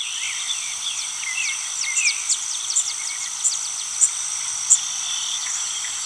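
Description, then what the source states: Blackburnian warbler song: a run of thin, very high notes, ending with two sharp, piercing high notes, over a steady hiss. A song variation.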